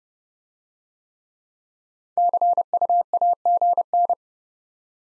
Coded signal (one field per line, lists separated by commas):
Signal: Morse code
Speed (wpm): 29 wpm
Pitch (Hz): 700 Hz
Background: none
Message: CUAGN